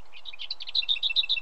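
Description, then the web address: Lesser whitethroat phrase: scratchy twittering notes running into a fast, level rattle that is cut off at the end. Britain. "The BBC Sound Effects Library. Lesser Whitethroat"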